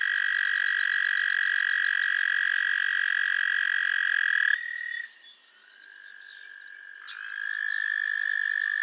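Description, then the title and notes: Frogs trilling in chorus, a loud steady high trill for over four seconds, then a quieter pause before overlapping trills resume. Chorus of frogs crooning to one another on an idyllic summer evening at Miners Marsh, Annapolis Valley, Nova Scotia. "Theraphonia - Frogsong at Miners Marsh. A chorus of frogs croon to one another on an idyllic summer evening in Miners Marsh, Annapolis Valley, Nova Scotia"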